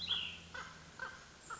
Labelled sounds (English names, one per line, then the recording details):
Cassin's Vireo
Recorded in Sonoma County, California